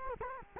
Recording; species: mosquito wingbeat signal from an infrared sensor; Culex quinquefasciatus